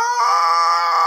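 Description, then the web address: Goat bleat, a single loud, steady, harmonic scream-like cry lasting about a second, rising in pitch at about 0.2 seconds. "goat"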